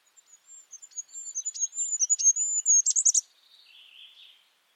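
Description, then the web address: Bird song: a high, thin, wavering whistle broken by clicks, ending in a dense burst, then a few fainter, lower buzzy notes. "Bird Only"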